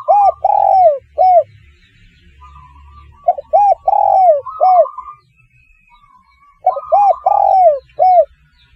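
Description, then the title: Spotted dove giving hollow coo phrases, three or four notes with a drawn, falling coo before the last, repeated about every three seconds over a low rumbling background and a thin, higher trill. "Tekukur"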